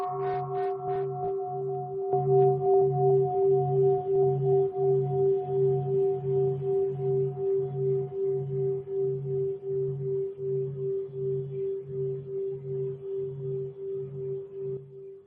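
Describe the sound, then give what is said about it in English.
A Buddhist meditation bell of mindfulness is struck twice, a light tap and then a fuller stroke, leaving a long, steady low hum that pulses and wavers as it slowly fades. No voices. “So friends, for me, the bell is a great gift.”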